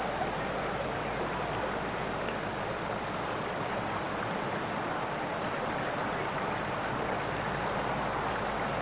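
Cricket chirping, a very high continuous trill with a lower pulsed tone repeating about three times a second, steady throughout over background hiss.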